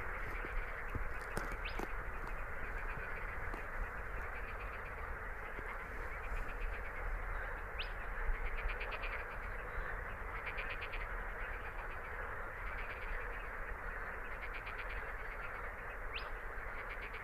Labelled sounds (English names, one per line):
Spotted Crake song